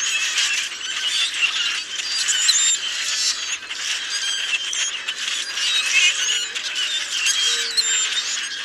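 Dense Common grackle flock noise, countless squeaky and wheezy notes overlapping into a loud steady hubbub, with a couple of brief lower slurred sounds.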